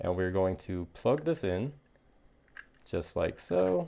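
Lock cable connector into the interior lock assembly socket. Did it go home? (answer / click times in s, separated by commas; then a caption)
no / none. Someone talks while handling the plastic wiring-harness connector of a Kwikset Powerbolt 240 smart deadbolt, lining up the lock cable connector to plug into the socket on the interior lock assembly. During a pause in the speech, a few faint ticks are heard between about 2.0 and 2.8 s, the loudest near 2.6 s. The clip ends before the connector goes home, so nothing has seated or clicked yet.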